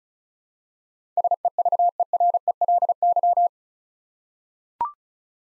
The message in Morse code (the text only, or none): SEVERELY